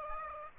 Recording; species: mosquito wingbeat signal from an infrared sensor; Aedes aegypti